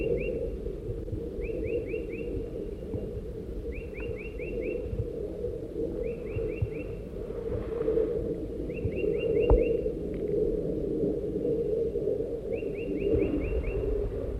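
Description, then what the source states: Crossbill chittering calls: short sharp notes in quick runs of several, repeated every few seconds over steady low background noise. Adult crossbills at their nest around noon after a long absence, chittering to the south of the nest.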